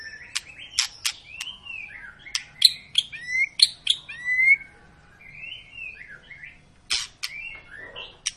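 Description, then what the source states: White-rumped shama singing sharp clicks and high notes mixed with long sweeping whistles, with pauses between phrases. Long lure song of an actively singing (gacor) bird, used to make birds sing.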